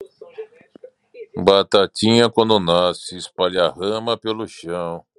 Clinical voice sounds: short text; Brazilian Portuguese; male; 30 to 39 years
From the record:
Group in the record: control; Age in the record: 38 years

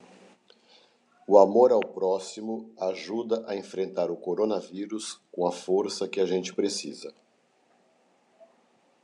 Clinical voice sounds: spoken sentence; Brazilian Portuguese; male; 50 to 59 years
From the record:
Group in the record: control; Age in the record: 53 years

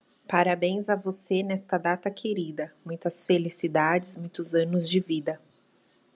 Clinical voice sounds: short text; Brazilian Portuguese; female; 30 to 39 years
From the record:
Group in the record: control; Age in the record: 34 years

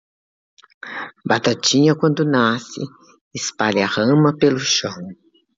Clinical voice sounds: short text; Brazilian Portuguese; female; 60 to 69 years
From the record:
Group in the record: control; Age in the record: 66 years

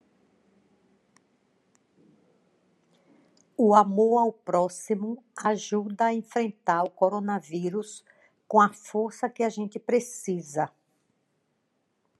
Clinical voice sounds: spoken sentence; Brazilian Portuguese; female; 60 to 69 years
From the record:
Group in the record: control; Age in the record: 64 years

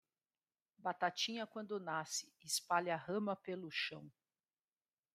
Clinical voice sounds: short text; Brazilian Portuguese; female; 40 to 49 years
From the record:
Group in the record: control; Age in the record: 48 years

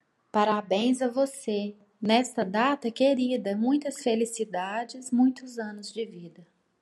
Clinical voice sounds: short text; Brazilian Portuguese; female; 30 to 39 years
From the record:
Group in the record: control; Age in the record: 37 years

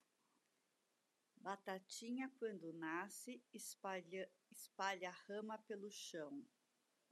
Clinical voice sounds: short text; Brazilian Portuguese; female; 50 to 59 years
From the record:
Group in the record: control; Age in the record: 58 years

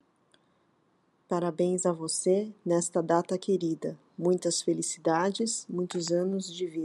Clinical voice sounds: short text; Brazilian Portuguese; female; 40 to 49 years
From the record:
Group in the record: control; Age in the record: 48 years

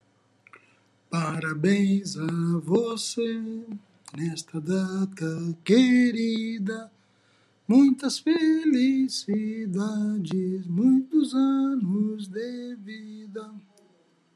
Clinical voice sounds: short text; Brazilian Portuguese; male; 50 to 59 years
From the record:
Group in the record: control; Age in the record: 59 years

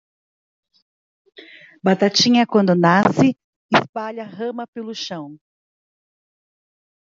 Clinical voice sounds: short text; Brazilian Portuguese; female; 40 to 49 years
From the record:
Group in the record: control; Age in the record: 46 years

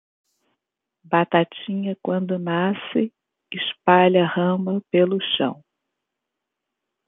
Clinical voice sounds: short text; Brazilian Portuguese; female; 60 to 69 years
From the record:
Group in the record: control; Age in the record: 62 years

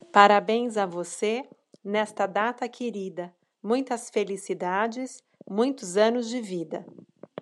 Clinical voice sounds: short text; Brazilian Portuguese; female; 40 to 49 years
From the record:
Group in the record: control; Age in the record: 44 years

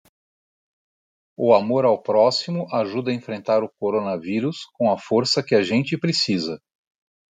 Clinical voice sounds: spoken sentence; Brazilian Portuguese; male; 50 to 59 years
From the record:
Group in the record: control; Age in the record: 55 years

